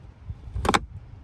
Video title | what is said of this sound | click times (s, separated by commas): Mazda CX5 Filter Change - 2016 CX5 Engine Filter & Cabin Filter | And then once it gets close enough, you should just hear it pop and clip in place. | 0.7 s, 0.8 s